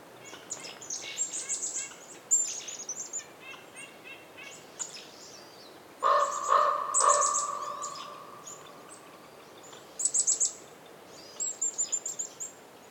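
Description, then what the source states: Raven giving three loud, hoarse calls that ring out with echoing tails, while small birds chirp high and thin in short bursts throughout. Daytime winter forest in the North Laurentian Woods, Canada; raven calls reverberating, other birds chirping, some wind.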